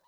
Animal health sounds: pig call; piglet (1 to 25 days)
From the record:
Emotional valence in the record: positive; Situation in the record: short reunion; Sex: male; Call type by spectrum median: low-frequency call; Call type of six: low-frequency tonal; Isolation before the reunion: 3 minutes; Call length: 0.08 s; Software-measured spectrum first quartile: 911 Hz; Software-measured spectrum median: 1543 Hz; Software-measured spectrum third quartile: 7451 Hz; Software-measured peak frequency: 963 Hz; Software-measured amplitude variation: 89 dB a second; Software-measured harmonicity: 5.9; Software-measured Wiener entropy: -2.59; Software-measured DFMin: 775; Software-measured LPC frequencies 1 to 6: 950, 1753, 2997, 3942, 5145, 5998 Hz

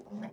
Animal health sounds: pig call; piglet (1 to 25 days)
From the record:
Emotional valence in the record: negative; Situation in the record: long isolation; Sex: male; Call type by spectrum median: low-frequency call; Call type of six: mixed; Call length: 0.33 s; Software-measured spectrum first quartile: 210 Hz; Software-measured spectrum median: 300 Hz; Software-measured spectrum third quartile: 747 Hz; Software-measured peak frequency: 210 Hz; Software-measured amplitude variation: 184 dB a second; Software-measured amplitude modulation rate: 16.9 a second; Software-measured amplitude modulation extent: 10.9 dB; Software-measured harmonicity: 7.2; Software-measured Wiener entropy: -0.27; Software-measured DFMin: 619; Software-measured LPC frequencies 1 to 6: 619, 1768, 2065, 3278, 5139, 5852 Hz

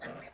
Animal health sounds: pig call; piglet (1 to 25 days)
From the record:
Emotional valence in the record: negative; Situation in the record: castration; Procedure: castration, fixation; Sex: male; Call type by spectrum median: low-frequency call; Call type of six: low-frequency tonal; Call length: 0.34 s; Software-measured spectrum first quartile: 531 Hz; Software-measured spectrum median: 1379 Hz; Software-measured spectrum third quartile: 3035 Hz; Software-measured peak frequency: 1815 Hz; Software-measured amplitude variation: 118 dB a second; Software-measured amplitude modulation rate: 22.0 a second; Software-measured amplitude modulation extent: 5.4 dB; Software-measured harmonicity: -0.7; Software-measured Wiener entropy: -1.34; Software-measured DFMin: 1114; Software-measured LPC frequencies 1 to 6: 629, 1804, 3580, 4508, 5657, 7379 Hz

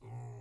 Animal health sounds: pig call; weaner (32 to 43 days)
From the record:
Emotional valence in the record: negative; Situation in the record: restrain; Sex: male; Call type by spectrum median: low-frequency call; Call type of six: low-frequency stable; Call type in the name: low-frequency stable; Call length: 0.41 s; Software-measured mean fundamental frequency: 58 Hz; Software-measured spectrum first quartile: 117 Hz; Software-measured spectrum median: 177 Hz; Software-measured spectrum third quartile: 637 Hz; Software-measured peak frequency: 119 Hz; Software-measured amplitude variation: 59 dB a second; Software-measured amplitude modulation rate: 13.4 a second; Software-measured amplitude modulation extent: 4.4 dB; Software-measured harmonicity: -4.2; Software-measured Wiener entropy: -0.51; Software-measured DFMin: 1085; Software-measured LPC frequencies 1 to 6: 808, 2026, 3835, 5115, 7188, 8285 Hz

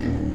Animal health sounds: pig call; growing-finishing pig (85 days or more)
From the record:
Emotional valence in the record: negative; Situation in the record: barren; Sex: female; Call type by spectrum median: low-frequency call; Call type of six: low-frequency stable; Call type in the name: low-frequency stable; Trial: 1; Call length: 0.35 s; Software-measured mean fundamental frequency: 41 Hz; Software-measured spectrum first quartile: 99 Hz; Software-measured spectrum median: 214 Hz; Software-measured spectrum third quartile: 347 Hz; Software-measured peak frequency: 266 Hz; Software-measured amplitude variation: 176 dB a second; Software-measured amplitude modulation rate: 33.1 a second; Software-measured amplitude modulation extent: 5.3 dB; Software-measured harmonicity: -2.4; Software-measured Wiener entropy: -0.73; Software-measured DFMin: 817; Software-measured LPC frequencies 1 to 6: 291, 1888, 2599, 4934, 6697, 8755 Hz

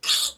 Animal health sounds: pig call; piglet (1 to 25 days)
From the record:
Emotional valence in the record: negative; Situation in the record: castration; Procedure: castration, cut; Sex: male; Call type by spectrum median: high-frequency call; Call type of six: high-frequency modulated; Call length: 0.38 s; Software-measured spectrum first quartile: 3672 Hz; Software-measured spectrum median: 4646 Hz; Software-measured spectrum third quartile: 7582 Hz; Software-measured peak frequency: 3445 Hz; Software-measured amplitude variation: 167 dB a second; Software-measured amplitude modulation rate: 11.8 a second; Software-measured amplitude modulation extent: 14.2 dB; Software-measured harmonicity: 2.4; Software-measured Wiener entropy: -1.95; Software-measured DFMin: 766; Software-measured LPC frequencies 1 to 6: 1253, 2791, 3498, 4427, 5125, 7090 Hz

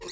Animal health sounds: pig call; weaner (32 to 43 days)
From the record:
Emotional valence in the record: negative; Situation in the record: long isolation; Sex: female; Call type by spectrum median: high-frequency call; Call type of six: mixed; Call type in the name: high-frequency stable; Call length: 0.12 s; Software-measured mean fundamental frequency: 119 Hz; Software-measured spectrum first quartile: 560 Hz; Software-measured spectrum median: 2305 Hz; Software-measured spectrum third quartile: 4982 Hz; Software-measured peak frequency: 359 Hz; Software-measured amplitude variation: 58 dB a second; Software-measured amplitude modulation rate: 16.4 a second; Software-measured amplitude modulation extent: 3.5 dB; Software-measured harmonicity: 3.7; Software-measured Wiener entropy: -2.29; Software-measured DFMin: 723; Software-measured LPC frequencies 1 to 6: 427, 1061, 1986, 2608, 3851, 4225 Hz

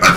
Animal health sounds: pig call; piglet (1 to 25 days)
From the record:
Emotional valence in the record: positive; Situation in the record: reunion after long isolation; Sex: female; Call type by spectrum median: low-frequency call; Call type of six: low-frequency tonal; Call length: 0.16 s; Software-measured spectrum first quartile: 1106 Hz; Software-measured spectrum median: 1589 Hz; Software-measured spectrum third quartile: 3139 Hz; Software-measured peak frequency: 1254 Hz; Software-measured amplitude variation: 91 dB a second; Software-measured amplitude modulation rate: 3.1 a second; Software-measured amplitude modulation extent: 29.8 dB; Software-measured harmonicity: 2.1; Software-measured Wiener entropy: -1.73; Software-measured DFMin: 540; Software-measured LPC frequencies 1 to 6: 1332, 2371, 3640, 4532, 6047, 7283 Hz

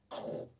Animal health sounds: pig call; piglet (1 to 25 days)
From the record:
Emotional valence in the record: negative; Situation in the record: restrain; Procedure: back test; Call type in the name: low-frequency call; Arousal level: low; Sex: female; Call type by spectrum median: low-frequency call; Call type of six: low-frequency stable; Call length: 0.60 s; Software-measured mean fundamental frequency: 48 Hz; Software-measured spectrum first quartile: 474 Hz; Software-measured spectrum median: 716 Hz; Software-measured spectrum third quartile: 2584 Hz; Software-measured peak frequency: 577 Hz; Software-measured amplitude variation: 203 dB a second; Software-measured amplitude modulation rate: 24.2 a second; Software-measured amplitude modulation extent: 8.4 dB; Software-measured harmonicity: 2.0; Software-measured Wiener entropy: -3.03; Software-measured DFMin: 1449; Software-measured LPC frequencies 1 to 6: 564, 3293, 4693, 5794, 7310, 9252 Hz

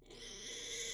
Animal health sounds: pig call; weaner (32 to 43 days)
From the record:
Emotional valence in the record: negative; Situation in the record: restrain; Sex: male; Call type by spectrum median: high-frequency call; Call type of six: high-frequency stable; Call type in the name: high-frequency stable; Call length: 0.94 s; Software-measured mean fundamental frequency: 233 Hz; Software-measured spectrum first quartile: 2397 Hz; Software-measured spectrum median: 4034 Hz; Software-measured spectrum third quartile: 6244 Hz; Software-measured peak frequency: 3413 Hz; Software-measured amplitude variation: 79 dB a second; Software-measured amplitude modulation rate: 26.7 a second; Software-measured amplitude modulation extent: 3.0 dB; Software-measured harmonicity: 1.0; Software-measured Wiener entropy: -1.68

